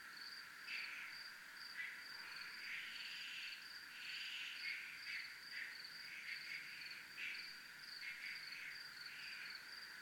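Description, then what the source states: Steady high cricket trill running throughout, overlaid by irregular raspy bursts from other callers that come and go every second or two. Crickets recorded in a military zone.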